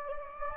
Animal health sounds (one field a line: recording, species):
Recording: mosquito wingbeat signal from an infrared sensor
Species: Anopheles gambiae